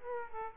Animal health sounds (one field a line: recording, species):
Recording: mosquito wingbeat signal from an infrared sensor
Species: Aedes aegypti